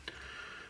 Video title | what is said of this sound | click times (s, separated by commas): Hohem iSteady V2 AI Visual Tracking Gimbal first use and review by Benson Chik 2022 | and you fold it down and when you fold it down like this it click in place and that's it | 0.1 s